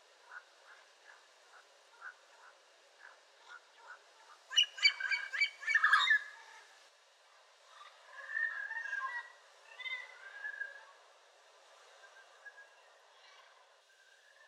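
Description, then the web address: Yellow-crowned amazon uttering a run of soft clipped notes, then an explosive bout of loud, raucous screeches, followed by wavering, modulated squawky calls that gradually fade. "sound yellow-crowned-amazon. صدای-پرنده-آمازون-تاجزرد"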